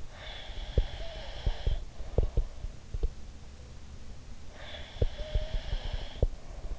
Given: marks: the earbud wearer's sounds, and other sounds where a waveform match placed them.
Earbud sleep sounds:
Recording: sounds in sleep by an in-ear microphone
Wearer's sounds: breath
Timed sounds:
0.09-2.53 s: breath
0.74-3.11 s: sound from someone else or the room
4.47-6.79 s: breath
4.97-6.79 s: sound from someone else or the room

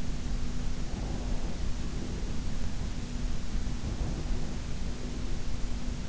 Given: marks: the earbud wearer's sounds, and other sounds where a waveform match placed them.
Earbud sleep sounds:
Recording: sounds in sleep by an in-ear microphone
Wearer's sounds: breath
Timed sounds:
0.35-3.09 s: breath
3.49-5.72 s: breath

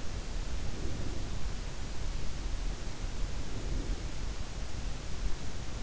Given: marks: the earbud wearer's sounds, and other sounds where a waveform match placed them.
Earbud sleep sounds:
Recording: sounds in sleep by an in-ear microphone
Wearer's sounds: breath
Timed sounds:
0.62-1.62 s: breath
3.33-4.33 s: breath

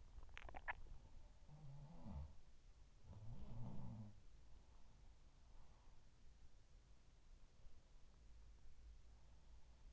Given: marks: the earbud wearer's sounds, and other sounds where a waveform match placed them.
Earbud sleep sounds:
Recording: sounds in sleep by an in-ear microphone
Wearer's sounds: swallowing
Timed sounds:
0.00-1.17 s: swallowing
1.17-4.94 s: sound from someone else or the room

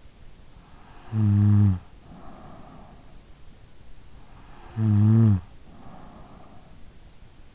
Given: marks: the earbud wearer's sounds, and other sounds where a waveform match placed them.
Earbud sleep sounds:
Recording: sounds in sleep by an in-ear microphone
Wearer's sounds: snoring breath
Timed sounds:
0.90-2.90 s: snoring breath
4.61-6.92 s: snoring breath

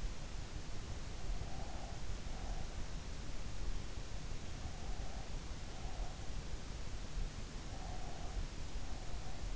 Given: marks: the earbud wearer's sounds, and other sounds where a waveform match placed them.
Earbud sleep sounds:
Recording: sounds in sleep by an in-ear microphone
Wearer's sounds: breath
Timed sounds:
0.88-2.92 s: breath
4.49-6.38 s: breath
7.61-9.56 s: breath

